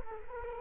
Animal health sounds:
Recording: mosquito wingbeat signal from an infrared sensor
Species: Culex quinquefasciatus

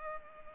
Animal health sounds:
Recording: mosquito wingbeat signal from an infrared sensor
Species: Culex pipiens

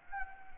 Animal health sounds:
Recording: mosquito wingbeat signal from an infrared sensor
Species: Anopheles arabiensis

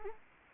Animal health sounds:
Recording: mosquito wingbeat signal from an infrared sensor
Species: Anopheles gambiae

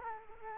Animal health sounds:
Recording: mosquito wingbeat signal from an infrared sensor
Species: Culex quinquefasciatus

